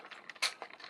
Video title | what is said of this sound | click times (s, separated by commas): Wei Jiang MEGAMASTER (Megatron): EmGo's Transformers Reviews N' Stuff | like so it'll snap into place and there you have an arm all done | 0.3 s, 0.6 s